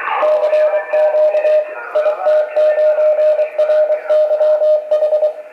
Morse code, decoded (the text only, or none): CQ IT9RYH